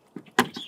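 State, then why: Seated. A plastic piece of the engine air filter housing on a 2013–2016 Ford Escape is pushed into the air box while the engine air filter is being replaced. The plastic had been kept warm indoors so it would not stiffen in the cold. After faint rustling, a loud sharp snap at 0.4 s shows the part has seated in place, followed by a softer settling noise.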